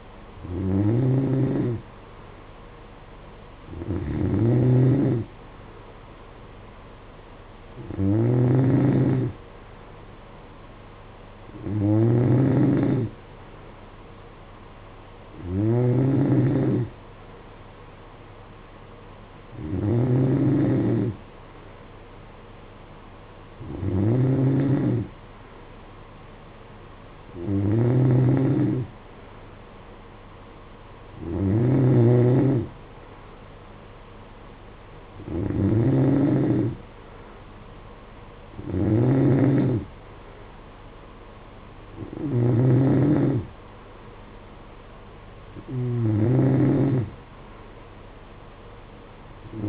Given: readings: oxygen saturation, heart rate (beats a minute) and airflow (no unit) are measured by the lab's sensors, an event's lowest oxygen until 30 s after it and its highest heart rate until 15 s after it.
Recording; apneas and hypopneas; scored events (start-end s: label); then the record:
breathing in sleep by a voice recorder at the bedside; none
none scored
From the record:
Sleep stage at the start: N2 (light sleep); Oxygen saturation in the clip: 92 to 93%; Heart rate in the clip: 54 to 58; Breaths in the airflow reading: 13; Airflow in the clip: -8.9 to 6.1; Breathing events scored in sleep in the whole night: 476 in 9.7 hours asleep